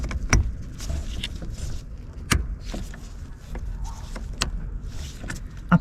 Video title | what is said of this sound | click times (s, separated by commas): Sostituzione FILTRO CARBURANTE Fiat Ducato | Dès que vous entendez "TLAC" cela signifie que les raccords ont été réinsérés correctement. | 0.3 s, 4.4 s, 5.7 s